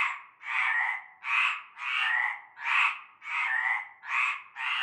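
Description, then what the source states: Chorusing frogs with broad, raspy croaks that swell and fade in quick succession. Chorus of frogs calling from nightfall in a large concrete basin with stagnant greenish water, Avenue Cante Coucou, Groupède, La Ciotat, Bouches-du-Rhône, France.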